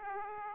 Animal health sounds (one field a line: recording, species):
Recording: mosquito wingbeat signal from an infrared sensor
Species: Aedes aegypti